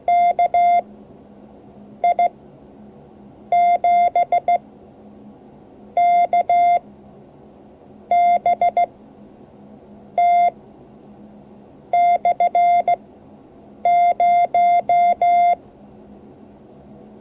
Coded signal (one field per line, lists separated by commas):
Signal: Morse code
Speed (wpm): 15 wpm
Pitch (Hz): 700 Hz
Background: none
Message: KI7KBT/0